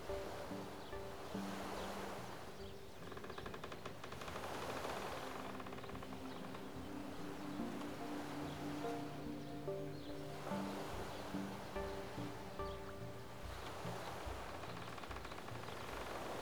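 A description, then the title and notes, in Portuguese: At the edge of a Canadian lake, a steady wash of outdoor sound rises and falls in slow swells every few seconds, like small waves lapping. Low, even hum and murmur persist underneath, with faint tones drifting through. Na beira de um lago canadense.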